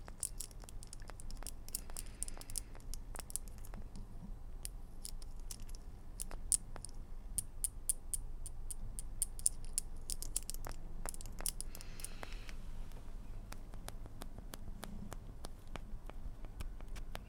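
Rummaging through small hard objects, with sharp clicks, taps and clinks scattered throughout the whole clip. The knocks come thickest between about six and thirteen seconds, including a run of bright ringing clinks near nine seconds, all over a steady low rumble.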